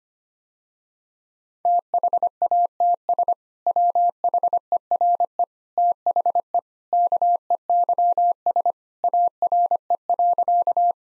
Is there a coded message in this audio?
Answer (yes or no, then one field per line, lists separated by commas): yes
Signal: Morse code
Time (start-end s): 1.7-10.9 s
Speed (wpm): 25 wpm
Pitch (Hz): 700 Hz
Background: none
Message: THATS WHERE THE KEYS ARE.